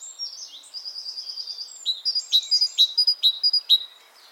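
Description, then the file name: Great tit calls: a fine, rapid warbling trill, then several sharp, bright metallic notes in quick succession. "Parus major"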